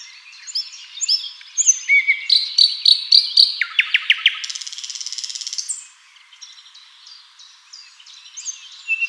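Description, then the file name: Common nightingale song: varied whistles, a rhythmic series of loud repeated notes, a long buzzy trill, then softer scattered phrases. "Luscinia megarhynchos"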